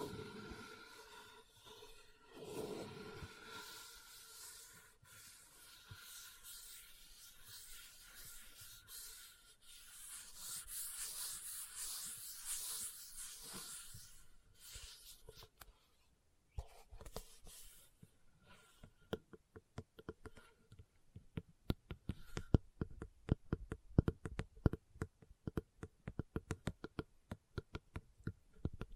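Leather being scratched and rubbed for the first half, a soft, hissing scrape that swells brighter around ten to fourteen seconds. After about seventeen seconds it turns to tapping: quick, sharp knocks in uneven bursts, growing louder and denser toward the end.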